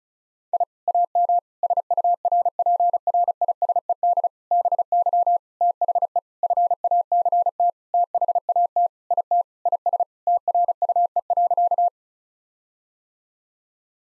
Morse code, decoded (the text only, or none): I AM SURPRISED BY THE FACT THAT IT IS TRUE.